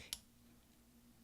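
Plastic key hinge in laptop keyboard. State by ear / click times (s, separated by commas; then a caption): released / 0.1 s. A tool placed on top of the rubber cup and under the small plastic bracket slowly pries back the plastic key hinge of the F12 key on a 13-inch MacBook Pro Unibody Core 2 Duo 2.26 GHz laptop keyboard. A single sharp, bright plastic snap is heard at 0.1 s over a low steady hum. The hinge snaps out and is released from the keyboard.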